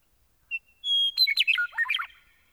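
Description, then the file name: Meadowlark song: a short whistled note, a longer steady whistle, then a rapid tangle of gurgling notes. "Gordon Hempton - Meadowlark"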